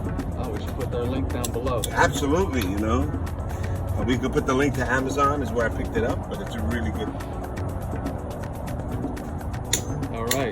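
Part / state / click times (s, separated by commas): torque wrench on wheel lug bolt into car hub / torque reached / 9.7 s, 10.3 s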